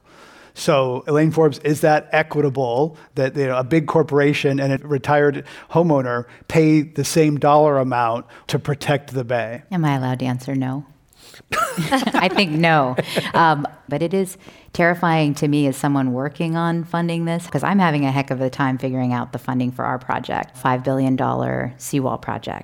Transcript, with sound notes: So, Elaine Forbes, is that equitable that, you know, a big corporation and a retired homeowner paid the same dollar amount to protect the Bay?
Am I allowed to answer no?
[Laughs]
I think no. But it is terrifying to me as someone working on funding this, cause I’m having a heck of a time figuring out the funding for our project, $5 billion seawall project.